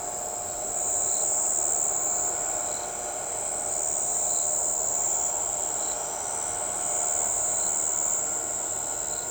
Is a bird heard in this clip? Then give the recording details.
no. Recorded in shrubland near Pivijay, Magdalena, Colombia, on 14 April 2023 at 05:00. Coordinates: 10.453, -74.365. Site P5-G022